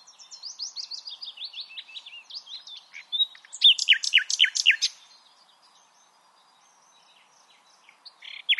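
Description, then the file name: Common nightingale song of descending repeated chirps followed by loud rapid sweeping notes, a quiet pause, then the start of another phrase. "Luscinia megarhynchos"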